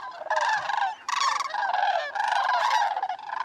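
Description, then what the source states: Sandhill cranes calling in a flock: many overlapping rolling, rattling trumpet calls, one after another with hardly any pause. A flock among thousands gathered at southern wintering grounds in New Mexico.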